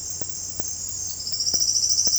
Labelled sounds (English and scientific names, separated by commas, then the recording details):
Silvered Antbird (Sclateria naevia)
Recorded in dense forest near Puerto Asís, Putumayo, Colombia, on 18 February 2024 at 07:30
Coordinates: 0.487, -76.319
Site G6403